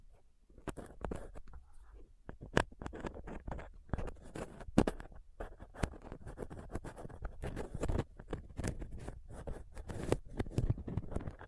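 Rough picking and scraping at a microphone with a dental pick, tweezers and a cotton swab. Dense, irregular scratches and sharp ticks run almost continuously, with brief pauses near the start and around two and five seconds, and a low rumble beneath.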